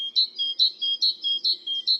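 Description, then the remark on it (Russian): A great tit sings a rhythmic two-note phrase, a high note alternating with a slightly lower one, repeated about five times in quick, even succession with no talking. “Например, большая синица может петь так.”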